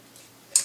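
A metal folding stock on a 9mm carbine, the P.A.W.S. ZX-6, is swung out after its release is pushed down. It locks open on the receiver with a sharp metallic click at 0.6 s, after a faint earlier rustle around 0.2 s. The stock is seated in its locked open position.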